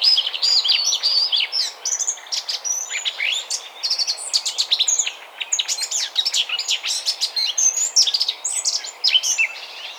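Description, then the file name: Eurasian blackcap song, a dense nonstop chattering warble of quick high notes and short whistles throughout. "Sylvia atricapilla"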